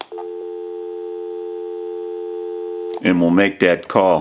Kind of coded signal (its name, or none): telephone call progress tone